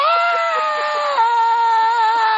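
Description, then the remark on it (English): A loud, sustained scream holds one steady, piercing pitch, then drops slightly about halfway through and carries on unbroken for a couple of seconds, with no talking around it. A house guest screams in the bathroom in the morning after turning on the shower and getting scalding hot water. “And you would always hear that blood-curdling scream.”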